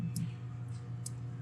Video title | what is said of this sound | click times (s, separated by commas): Planet Eclipse Geo CS 1.5 Tune Up - Tech Talk | kind of got it in the right spot and then just slid it down with my finger and it just snapped in place. | 0.2 s, 1.1 s